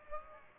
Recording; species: mosquito wingbeat signal from an infrared sensor; Aedes aegypti